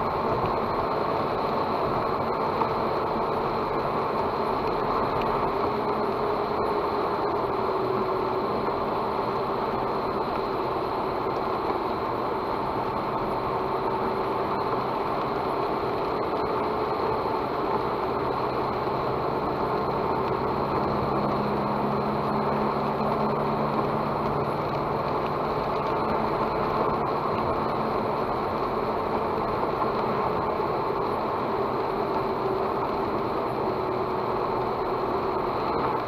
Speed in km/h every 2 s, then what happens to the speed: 74, 73, 73, 66, 64, 63, 62, 62, 61, 61, 61, 68, 70, 72, 71, 70, 65, 64.
4-9 slows to 63. 9-20 steady at about 61. 20-23 speeds up to 70. 27-36 slows to 64.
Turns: none.